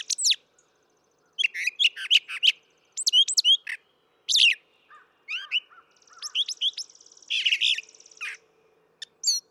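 Brown thrasher singing a string of varied phrases, sharp whistled slurs, buzzes and a rattling trill, with short gaps between bursts.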